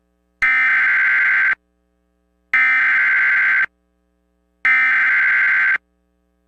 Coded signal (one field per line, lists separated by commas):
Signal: Emergency Alert System (SAME) tones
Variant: header bursts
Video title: EAS MOCK 35- AMBER ALERT FOR SAN DIEGO AND IMPERIAL COUNTIES CALIFORNIA